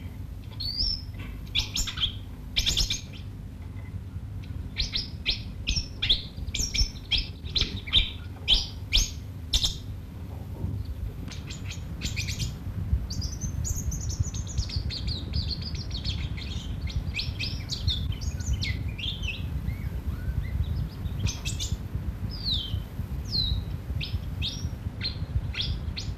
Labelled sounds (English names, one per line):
Pin-tailed Whydah call